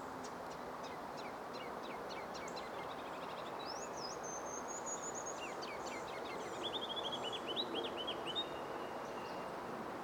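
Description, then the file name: Ruby-crowned kinglet singing: a run of thin high notes, a sweeping whistled slur, then quick chattering notes and repeated lower rolling phrases, over a steady low rumble. Recorded at Lake Crabtree on 16 April 2018. "RCKI Lake Crabtree 041618"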